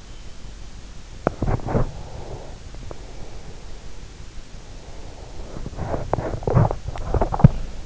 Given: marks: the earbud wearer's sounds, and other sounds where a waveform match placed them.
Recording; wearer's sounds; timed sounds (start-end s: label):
sounds in sleep by an in-ear microphone; teeth grinding, breath
1.07-1.98 s: teeth grinding
1.98-4.09 s: breath
4.64-5.68 s: breath
5.68-7.86 s: teeth grinding